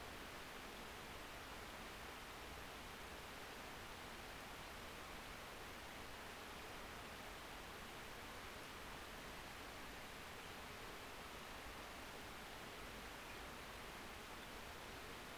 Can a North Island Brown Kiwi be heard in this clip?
no